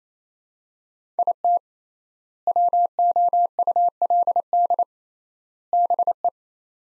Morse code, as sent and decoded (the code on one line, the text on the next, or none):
.. - / .-- --- ..- .-.. -.. / -... .
IT WOULD BE